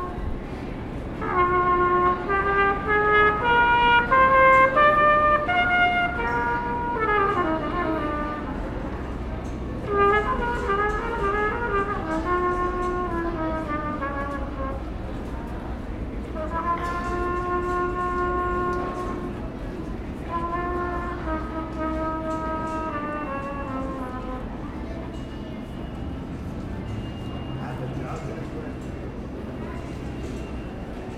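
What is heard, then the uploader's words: A trumpet plays a wavering melody in phrases over the steady low rumble of a subway station, fading to a quieter hum near the end. New York Subway Ambience with Trumpet playing by Genobunny.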